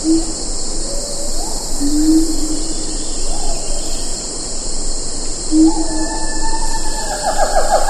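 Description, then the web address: Siamang calls, low booming notes alternating with upward-swooping hoots, ending in a rapid series of rising barks, over continuous high-pitched insect noise. "earth naturelibrary assets s si siamang"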